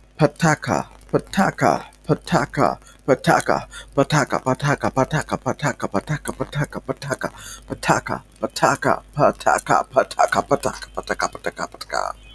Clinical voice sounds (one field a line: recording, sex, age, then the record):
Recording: repeated syllables /pa ta ka/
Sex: male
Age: 20 to 29 years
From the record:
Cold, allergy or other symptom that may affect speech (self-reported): yes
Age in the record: 24 years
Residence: Bangladesh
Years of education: 18